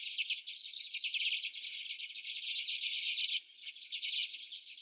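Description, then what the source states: Common redpolls calling together, steady fast buzzy chattering that drops off briefly after three seconds, then resumes. Several common redpolls.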